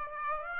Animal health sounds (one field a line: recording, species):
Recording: mosquito wingbeat signal from an infrared sensor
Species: Aedes aegypti